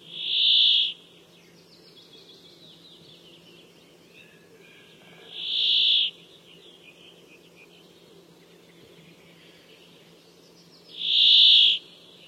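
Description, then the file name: Brambling song: a drawn-out, buzzy wheezing note, repeated about every five seconds, three times in all. "canto do tentilhao montes"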